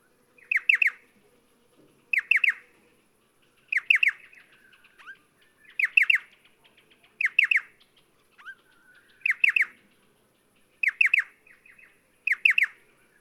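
Striated pardalote call, a short sharp group of high chipped notes repeated at regular intervals, with softer single notes between.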